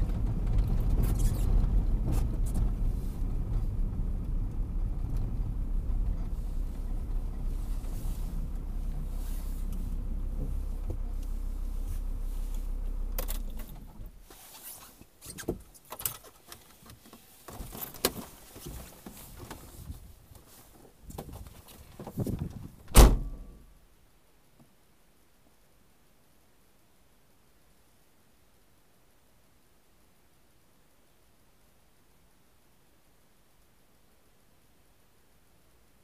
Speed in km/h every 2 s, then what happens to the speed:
23, 20, 15, 12, 0, 0, 0, 0, 0, 0, 0, 0, 0, 0, 0, 0, 0, 0.
0-8 slows to 0. 8-36 standing.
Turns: none.